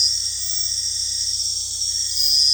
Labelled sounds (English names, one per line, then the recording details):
none
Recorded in dense forest near Puerto Asís, Putumayo, Colombia, on 20 February 2024 at 02:30
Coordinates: 0.485, -76.322
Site G6406